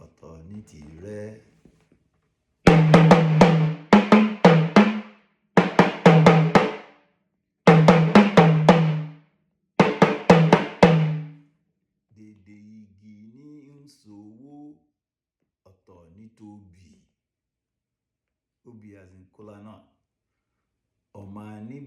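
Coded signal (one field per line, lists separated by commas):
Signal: talking drum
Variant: Yoruba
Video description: Playing "Dede igi ni nso owo ọtọ ni t'obi ọtọ ni tirẹ" with the Yoruba Orunsha Sakara talking drum by Jammal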